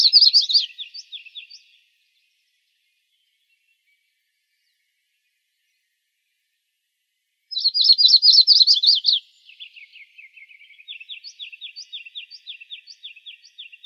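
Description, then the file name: Yellow-rumped Warbler song: a loud, quick warbled burst, long silence, then another burst that drops into a lower, softer run of repeated notes. Dated 061704. "YRWA 4 deviche"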